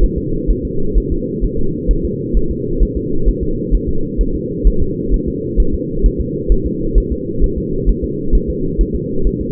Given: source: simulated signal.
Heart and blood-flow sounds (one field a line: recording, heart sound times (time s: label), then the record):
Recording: fetal heart sounds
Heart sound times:
0.04 s: S1
0.18 s: S2
0.50 s: S1
0.65 s: S2
0.98 s: S1
1.12 s: S2
1.44 s: S1
1.59 s: S2
1.91 s: S1
2.05 s: S2
2.37 s: S1
2.51 s: S2
2.83 s: S1
2.97 s: S2
3.28 s: S1
3.43 s: S2
3.75 s: S1
3.89 s: S2
4.21 s: S1
4.35 s: S2
4.67 s: S1
4.82 s: S2
5.14 s: S1
5.28 s: S2
5.60 s: S1
5.75 s: S2
6.06 s: S1
6.21 s: S2
6.52 s: S1
6.67 s: S2
6.98 s: S1
7.12 s: S2
7.44 s: S1
7.58 s: S2
7.89 s: S1
8.04 s: S2
8.35 s: S1
8.50 s: S2
8.81 s: S1
8.96 s: S2
9.27 s: S1
9.41 s: S2
From the record:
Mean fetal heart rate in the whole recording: 130 bpm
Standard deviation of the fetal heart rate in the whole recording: 2 bpm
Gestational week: 36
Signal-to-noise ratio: -8.1 dB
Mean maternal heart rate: 72 bpm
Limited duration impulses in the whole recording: absent